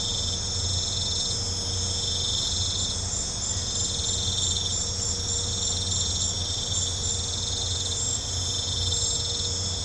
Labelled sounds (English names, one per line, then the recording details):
none
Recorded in pastures near Puerto Asís, Putumayo, Colombia, on 15 December 2024 at 23:30
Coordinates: 0.502, -76.324
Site G077